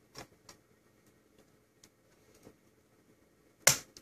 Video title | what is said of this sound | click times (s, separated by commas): Toshiba Satellite L755D-S5163 - Memory Upgrade and Install | and then you want to push down you see did you hear that click okay once that clicks in | 3.7 s